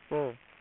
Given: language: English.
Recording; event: throat vibration sensor signal played as sound; speech